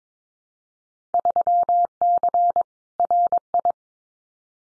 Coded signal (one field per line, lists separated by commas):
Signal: Morse code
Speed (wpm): 22 wpm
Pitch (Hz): 700 Hz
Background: none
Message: 3C RI